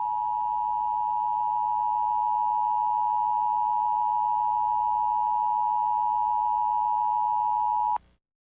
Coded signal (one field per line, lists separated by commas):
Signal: Emergency Alert System (SAME) tones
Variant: 853 and 960 Hz attention tone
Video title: DWTD EAS alarm sfx